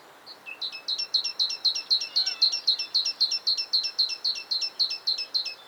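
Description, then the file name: Great tit giving a rapid chain of bright, clipped high notes, roughly four per second and very regular, lasting about five seconds against light background hiss. "Parus major"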